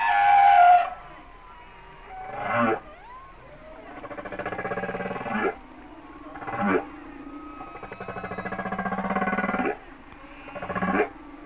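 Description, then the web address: Humpback whale song: long harmonic moaning tones alternate with short buzzy, pulsed bursts in a steady sequence. "Whale Songs Sounds of Nature - Humpback Whales"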